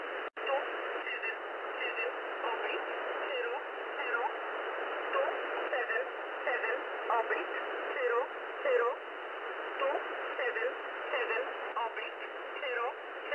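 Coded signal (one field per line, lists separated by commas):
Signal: numbers station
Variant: E11 Oblique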